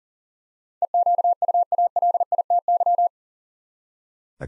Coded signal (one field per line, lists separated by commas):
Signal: Morse code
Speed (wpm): 40 wpm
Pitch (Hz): 700 Hz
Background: none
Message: EQUALITY